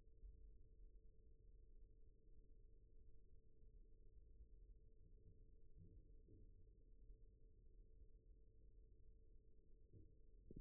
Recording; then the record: forearm muscle sounds (acoustic myography)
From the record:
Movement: rest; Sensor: system 1, eight BSWA MPA416 microphones around the upper forearm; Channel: 2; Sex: male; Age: 41 years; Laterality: right